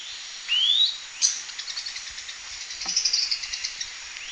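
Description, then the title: Long-tailed tyrant giving a high rising whistle followed by a quick series of short high chips, with constant insect buzzing behind. "LuckyPassaro Completos2Sama. Long-tailed Tyrant (Colonia colonus)"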